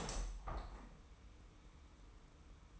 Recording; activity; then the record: daily activity, microphone in the room; open window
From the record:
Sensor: 1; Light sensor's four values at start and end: 21/48/21/22 and 22/49/21/22